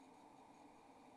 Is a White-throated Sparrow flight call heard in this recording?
no